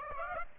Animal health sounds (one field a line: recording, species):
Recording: mosquito wingbeat signal from an infrared sensor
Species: Aedes aegypti